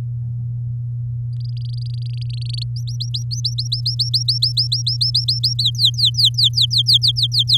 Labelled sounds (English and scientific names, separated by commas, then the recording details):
Domestic Canary (Serinus canaria) song
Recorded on 8 May 2018 at 19:47
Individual llb16